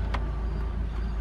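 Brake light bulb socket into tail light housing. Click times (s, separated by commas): 0.1 s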